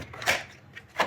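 An 18V slide-in battery pack, the first of two, is slid along the tracks on top of a Milwaukee M18 FUEL 9-gallon cordless dual-battery wet/dry shop vacuum (model 0920-22HD). It latches into the battery bay with clicks at 0.1 and 0.2 seconds, seating the battery. Someone talks.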